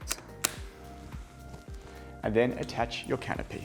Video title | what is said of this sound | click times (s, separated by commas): NUVO Pram - How to assemble | to connect the bumper bar simply click it in on both sides | 0.4 s